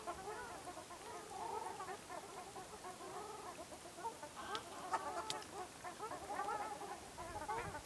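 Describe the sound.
Ruddy shelduck flock calls, many overlapping nasal honks and chattering notes running without pause.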